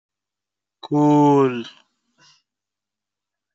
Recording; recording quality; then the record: sustained vowel as in boot; moderate, slight background noise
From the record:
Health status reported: healthy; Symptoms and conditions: none ticked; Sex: male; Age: 24 years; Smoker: not ticked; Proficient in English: yes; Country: India